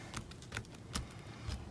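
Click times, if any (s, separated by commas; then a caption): 0.2 s, 0.6 s, 1.0 s. A handmade paper envelope pocket with a punched edge is pressed onto the disc rings of a planner. Sharp snaps are heard at 0.2, 0.6 and 1.0 s as each disc engages, with fainter ticks in between. The pocket snaps in and seats on the rings.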